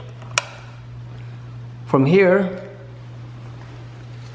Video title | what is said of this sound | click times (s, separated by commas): HOW TO CONNECT AND HOOKUP A DJ SETUP SOUND SYSTEM. (DIFFERENT WAYS) | this is the right side so this will go right here and make sure it clicks | 0.4 s